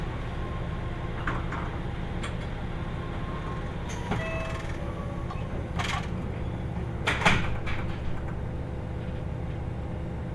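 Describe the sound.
A limited express train on the Hohi Main Line runs between Bungo-Taketa and Mie-machi, with a steady low rumble and faint humming tones throughout. Scattered clacks and rattles break in every second or two, the sharpest burst around seven seconds.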